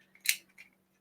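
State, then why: Not seated. A top piece is handled onto a part sitting in a modelling tool's cradle, making light handling taps and scrapes around 0.2, 0.3 and 0.6 seconds, then a sharp bright onset right at the end. The part has been placed the right way round, but nothing has seated or clicked yet; the clip ends just before it locks into place.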